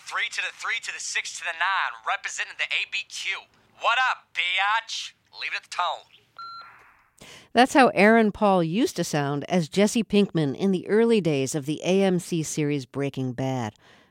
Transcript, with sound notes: 3 to the 3 to the 6 to the 9, representing the ABQ. What up, be-atch? Leave at the tone.
(SOUNDBITE OF TELEPHONE BEEP)
That's how Aaron Paul used to sound as Jesse Pinkman in the early days of the AMC series "Breaking Bad."